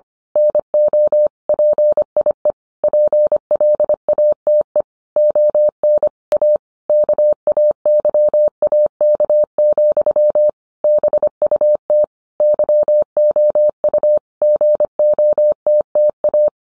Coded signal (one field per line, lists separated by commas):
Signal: Morse code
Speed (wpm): 25 wpm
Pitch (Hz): 600 Hz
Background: none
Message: NO PIE PLATE ON A KAYAK, BUT YOU GOTTA